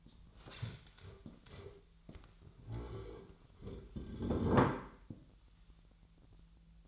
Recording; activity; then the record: daily activity, microphone in the room; stand up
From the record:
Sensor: 3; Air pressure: 1001.7 hPa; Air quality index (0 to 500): 247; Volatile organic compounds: 141 ppm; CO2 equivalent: 3982 ppm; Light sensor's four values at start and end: 13/29/12/13 and 13/31/13/13